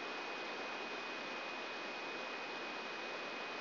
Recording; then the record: brain microelectrode recording played as sound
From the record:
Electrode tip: inside the subthalamic nucleus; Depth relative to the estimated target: 1 mm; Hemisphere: right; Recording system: AlphaMap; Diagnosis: Parkinson's disease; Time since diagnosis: 7 years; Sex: female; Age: 56 years